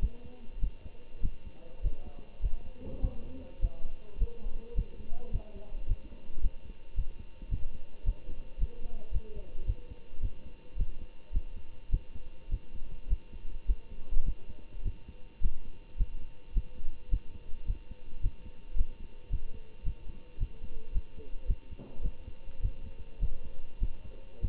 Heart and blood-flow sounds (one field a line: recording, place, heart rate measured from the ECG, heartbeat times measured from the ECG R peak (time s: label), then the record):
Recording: heart sounds by stethoscope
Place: between the tricuspid and mitral areas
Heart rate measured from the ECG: 106 bpm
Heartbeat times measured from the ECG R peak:
0.59 s: heartbeat
1.21 s: heartbeat
1.81 s: heartbeat
2.40 s: heartbeat
3.00 s: heartbeat
3.60 s: heartbeat
4.18 s: heartbeat
4.74 s: heartbeat
5.31 s: heartbeat
5.87 s: heartbeat
6.41 s: heartbeat
6.95 s: heartbeat
7.49 s: heartbeat
8.04 s: heartbeat
8.58 s: heartbeat
9.11 s: heartbeat
9.65 s: heartbeat
10.20 s: heartbeat
10.76 s: heartbeat
11.32 s: heartbeat
11.90 s: heartbeat
12.49 s: heartbeat
13.08 s: heartbeat
13.66 s: heartbeat
14.24 s: heartbeat
14.83 s: heartbeat
15.40 s: heartbeat
15.97 s: heartbeat
16.53 s: heartbeat
17.09 s: heartbeat
17.66 s: heartbeat
18.21 s: heartbeat
18.75 s: heartbeat
19.29 s: heartbeat
19.84 s: heartbeat
20.38 s: heartbeat
20.92 s: heartbeat
21.46 s: heartbeat
22.02 s: heartbeat
22.60 s: heartbeat
23.19 s: heartbeat
23.79 s: heartbeat
24.40 s: heartbeat
From the record:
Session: Bruce protocol treadmill stress test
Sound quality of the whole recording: good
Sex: male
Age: 25 years